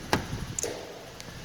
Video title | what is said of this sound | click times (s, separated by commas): 2019 VW Tiguan 2.0T SEL R-Line Black FWD | seats you just push flat and click into place | 0.1 s